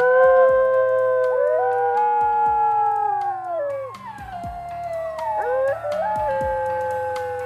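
wolf howling

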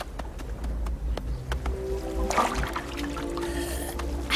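rushing water

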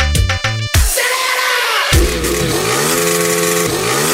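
motorcycle engine revving

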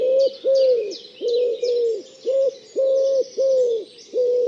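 wood pigeon cooing

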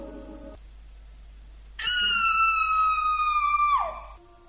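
loud scream

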